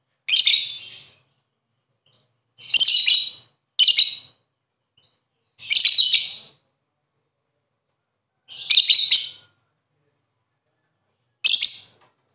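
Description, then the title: Bird song in short, bright chirping bursts, six phrases spread irregularly throughout with silent pauses between them, no other sounds. "Kicau Burung"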